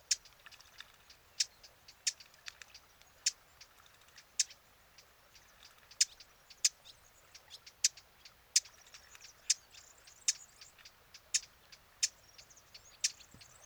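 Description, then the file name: Eurasian blackcap calling with a series of sharp, dry tacks at somewhat uneven intervals, softer clicks scattered among them. "Sylvia atricapilla"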